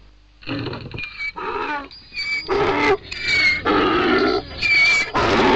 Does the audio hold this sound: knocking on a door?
no